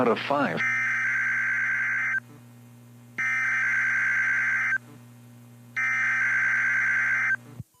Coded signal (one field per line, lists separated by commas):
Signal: Emergency Alert System (SAME) tones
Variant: header bursts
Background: speech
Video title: EAS #2,370-2,374 Required Weekly Tests 12/10/25